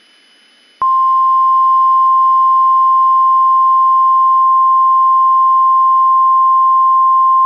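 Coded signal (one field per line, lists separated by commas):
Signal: Emergency Alert System (SAME) tones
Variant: 1050 Hz attention tone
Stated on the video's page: Entirely fictional EAS scenario.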